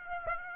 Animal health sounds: mosquito wingbeat signal from an infrared sensor; Aedes aegypti

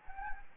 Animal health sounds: mosquito wingbeat signal from an infrared sensor; Anopheles gambiae

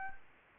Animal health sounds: mosquito wingbeat signal from an infrared sensor; Anopheles gambiae

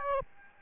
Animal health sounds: mosquito wingbeat signal from an infrared sensor; Aedes albopictus

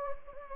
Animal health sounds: mosquito wingbeat signal from an infrared sensor; Anopheles gambiae

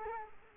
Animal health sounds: mosquito wingbeat signal from an infrared sensor; Culex quinquefasciatus

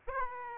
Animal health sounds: mosquito wingbeat signal from an infrared sensor; Aedes aegypti

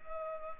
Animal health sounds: mosquito wingbeat signal from an infrared sensor; Culex pipiens

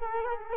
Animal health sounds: mosquito wingbeat signal from an infrared sensor; Culex quinquefasciatus

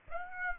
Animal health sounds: mosquito wingbeat signal from an infrared sensor; Aedes aegypti

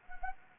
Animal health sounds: mosquito wingbeat signal from an infrared sensor; Anopheles gambiae

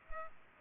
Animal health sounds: mosquito wingbeat signal from an infrared sensor; Culex pipiens

